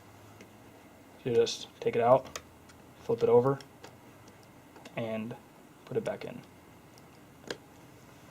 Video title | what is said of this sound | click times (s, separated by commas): How to change laptop screen | snaps in place if | 7.5 s